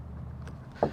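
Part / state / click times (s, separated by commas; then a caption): plastic door handle cover on a pickup truck door handle / released / 0.8 s. The top and bottom halves of a plastic exterior door handle cover on an F-150 pickup truck door handle are squeezed apart by hand. Over a low background rumble, a faint tick comes at 0.5 s, then a sharp snap at 0.8 s as the bottom piece pops off its retaining clips and comes free.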